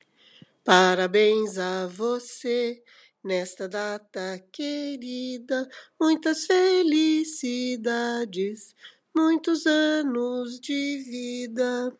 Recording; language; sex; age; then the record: short text; Brazilian Portuguese; female; 60 to 69 years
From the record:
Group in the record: control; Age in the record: 67 years